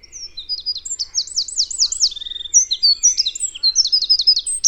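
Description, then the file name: Eurasian wren song: a rapid, high-pitched torrent of sharp notes and fast rattling trills, including one lower buzzy trill mid-phrase, delivered without pause throughout. "Troglodytes troglodytes"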